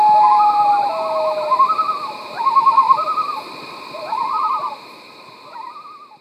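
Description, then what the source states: Common loon giving fast wavering tremolo phrases, several in quick succession, with a long steady tone at the start and a constant background hum. Common loons seen and heard in Wisconsin; the host's favorite sound in the world.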